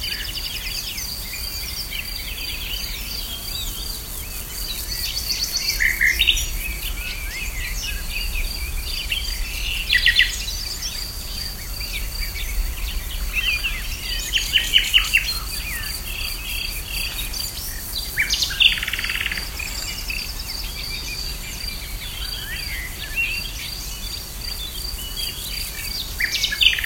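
A field recording from Pest County, Hungary, with a steady, high insect drone running throughout. Short bright bird chirps break in now and then, around 6, 10, 15, 18 and 26 seconds, over a soft low rumble of background noise.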